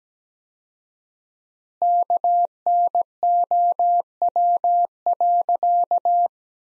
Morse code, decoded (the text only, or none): KNOW.